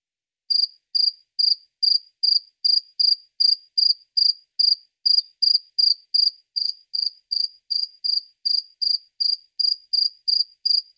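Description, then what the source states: Cricket chirping, clean high pulsed chirps repeated steadily about two or three times a second, with nothing else heard. Crickets at night.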